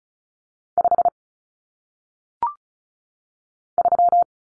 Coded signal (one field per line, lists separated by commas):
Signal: Morse code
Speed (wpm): 36 wpm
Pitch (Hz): 700 Hz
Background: none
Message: 5 3